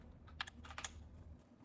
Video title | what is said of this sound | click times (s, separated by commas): Best Electric Pressure Washer 2025 - Locksworth Power Washer Unboxing & Test Review | As you can see, that clicks right into place. | 0.4 s